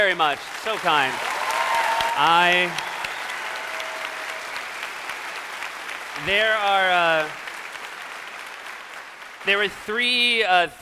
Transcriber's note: applause